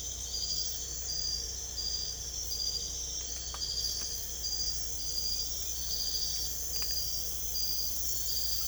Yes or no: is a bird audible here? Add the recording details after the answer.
no. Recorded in secondary vegetation near Puerto Asís, Putumayo, Colombia, on 22 December 2024 at 02:30. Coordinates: 0.488, -76.319. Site GP04